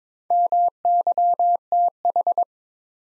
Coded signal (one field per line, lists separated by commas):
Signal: Morse code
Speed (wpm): 22 wpm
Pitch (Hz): 700 Hz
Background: none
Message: MYTH